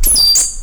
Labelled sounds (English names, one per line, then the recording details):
Stitchbird song
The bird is a male
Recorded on Tiritiri Matangi Island, New Zealand, in 2005
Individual 3, of nest box 3